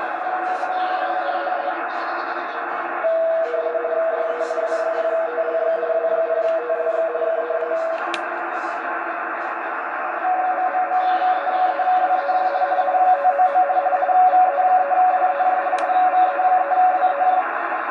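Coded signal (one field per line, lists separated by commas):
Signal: RTTY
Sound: rapid warbling between two close tones, steady chattering teletype rhythm, over hiss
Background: radio static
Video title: V21ZG Antigua and Barbuda 10M RTTY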